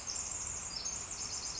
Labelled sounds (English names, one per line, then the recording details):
Pacific Wren
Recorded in Sonoma County, California